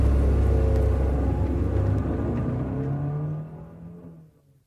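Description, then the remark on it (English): A car engine roars and revs hard as it accelerates away in Beverly Hills, its deep rumbling tone shifting in pitch, then the sound fades away over a few seconds. No one speaks. “I'll get him. You take the car.”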